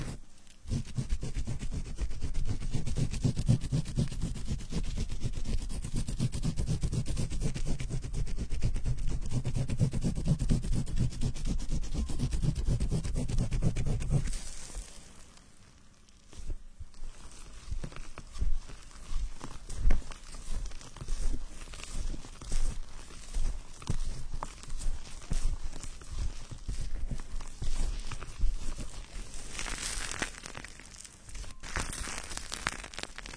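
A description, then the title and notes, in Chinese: Hair being washed, with fingers scratching through foamy lather on the scalp. For the first fourteen seconds a dense, steady rubbing with a low rumble underneath, then a brief lull before lighter, crackly squishing returns in quick irregular strokes, brightening in bursts near thirty seconds. 洗头发 纯泡沫挠头音。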